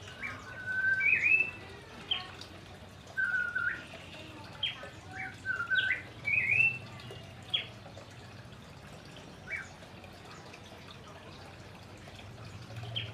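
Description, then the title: Orange-headed thrush song, a run of clear whistled notes and slurred phrases, some rising, spaced irregularly, louder early then thinning out over steady low background hum. Singing loudly and continuously, song style called "gacor ngeplong". "Anis Kembang Gacor Ngeplong Istimewa Suara Burung"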